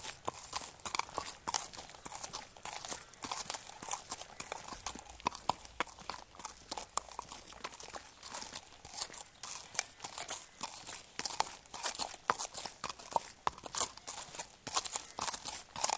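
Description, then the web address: Horse walking on a muddy track, a continuous run of wet crunching steps. "BBC Horses Walking"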